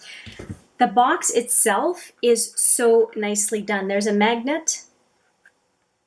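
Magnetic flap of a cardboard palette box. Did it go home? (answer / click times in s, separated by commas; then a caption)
yes / 5.5 s. Someone talks, then the magnetic flap of a cardboard palette box is closed and the magnet pulls it shut. A single soft, brief click is heard at 5.5 s, and the flap is seated.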